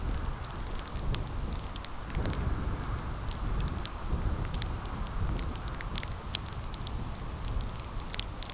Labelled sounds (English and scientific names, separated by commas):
none